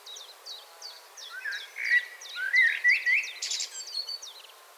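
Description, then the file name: Common blackbird warbling softly midway with a squeaky flourish, while quick high notes repeat steadily from the start. "Turdus merula"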